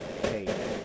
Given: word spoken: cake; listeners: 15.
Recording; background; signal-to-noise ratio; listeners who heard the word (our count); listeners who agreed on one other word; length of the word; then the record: one English word in noise, from a listening test; noise modulated by three-talker babble; -6.7 dB; 0 of 15; 6 of 15; 0.45 s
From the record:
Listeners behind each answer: 6, 3, 2, 1, 1, 1, 1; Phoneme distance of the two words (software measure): 20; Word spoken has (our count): 1 syllable, 3 phonemes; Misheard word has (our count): 1 syllable, 3 phonemes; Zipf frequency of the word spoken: 4.81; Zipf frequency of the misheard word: 4.52